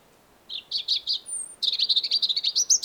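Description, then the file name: European robin sings a few spaced warbled notes, a thin high whistle, then a fast sparkling trill of high twittering notes. "Erithacus rubecula"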